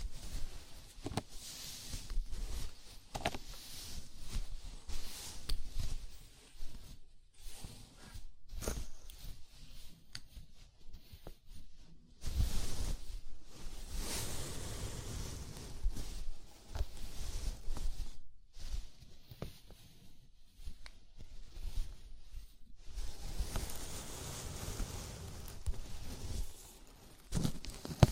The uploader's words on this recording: ASMR Sleepy Scalp Massage (No Talking).